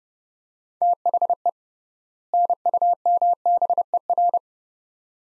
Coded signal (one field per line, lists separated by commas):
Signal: Morse code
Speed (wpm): 31 wpm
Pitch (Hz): 700 Hz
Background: none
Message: THE NUMBER